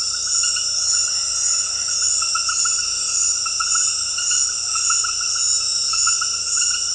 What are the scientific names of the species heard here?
none